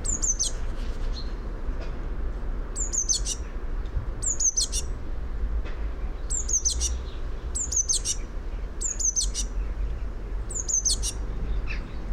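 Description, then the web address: Eurasian blue tit singing bright, very high thin notes in short phrases, repeated several times at short but uneven intervals, over faint low noise. "fugl b-mejse"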